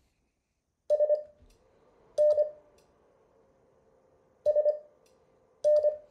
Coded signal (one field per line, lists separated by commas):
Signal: Morse code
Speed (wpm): 25 wpm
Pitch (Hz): 600 Hz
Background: none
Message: SN SN